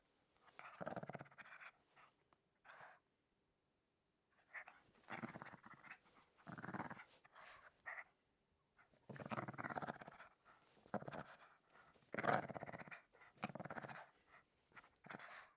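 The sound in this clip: Small dog growling in several rough rumbles separated by pauses.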